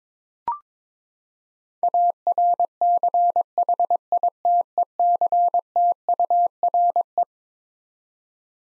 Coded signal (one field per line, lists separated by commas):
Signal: Morse code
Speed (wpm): 22 wpm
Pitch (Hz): 700 Hz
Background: none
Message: ARCHITECTURE